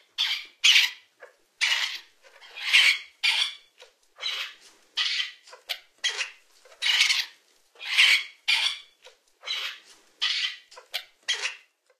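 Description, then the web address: Gray partridge giving harsh, grating squawks in quick irregular bursts, some doubled, repeated throughout with short pauses between. Recorded in North America. "Songs of Birds of North America Stokes. Gray Partridge"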